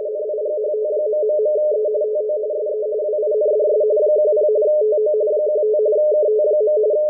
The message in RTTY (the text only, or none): NIGHT...E TO SE WINDS 10 TO 15 KT.